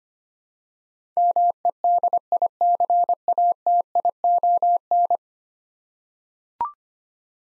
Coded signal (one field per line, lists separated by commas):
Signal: Morse code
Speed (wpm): 25 wpm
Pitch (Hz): 700 Hz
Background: none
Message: MEDICATION